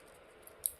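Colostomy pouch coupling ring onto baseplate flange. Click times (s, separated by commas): 0.7 s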